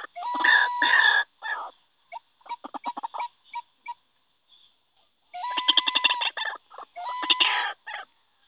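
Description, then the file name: White-breasted waterhen calls: loud, harsh, croaking bursts with a steady tonal note inside, then a run of quick clipped notes, then more harsh bursts. Call used as a lure (pikat). "suara ruak ruak pikat. omkicau"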